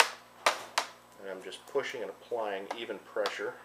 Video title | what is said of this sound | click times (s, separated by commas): Replacing a Keyboard on a Dell Studio 1555 | you want to hear your clicks all the way around | 0.0 s, 0.5 s, 0.8 s